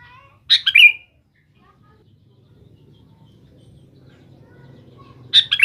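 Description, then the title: Sooty-headed bulbul giving a brief bubbly phrase of tumbling notes, then a long pause before the same phrase returns; soft low rumble in the background. "Kutilang"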